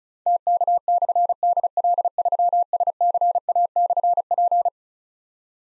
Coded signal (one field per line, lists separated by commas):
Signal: Morse code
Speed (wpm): 36 wpm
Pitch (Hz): 700 Hz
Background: none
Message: TK/DL3SCA/P